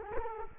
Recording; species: mosquito wingbeat signal from an infrared sensor; Culex quinquefasciatus